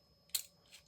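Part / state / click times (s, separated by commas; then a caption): handle lock of a ratcheting crimper / seated / 0.4 s. The handle lock on a Milwaukee ratcheting crimper, model 48-22-3076, is pushed closed after the handles are squeezed together; this lock/release mechanism is hard to close. A faint tick at 0.3 s leads into a sharp, bright metallic click at 0.4 s, followed by a softer high rattle near 0.8 s. The lock latches and holds the handles firmly in place.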